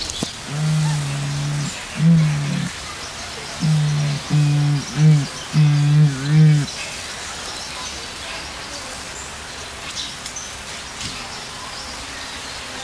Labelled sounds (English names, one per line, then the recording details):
Bare-faced Curassow call
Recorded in captivity
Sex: male
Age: adult
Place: Zoo Berlin, Berlin, DE
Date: 1999-09-04 10:50
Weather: sonnig, 21°C
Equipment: Sony WM-D6C, Sennheiser ME 80, Kopie Uher 4000 Report Monitor
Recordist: Tembrock, Günter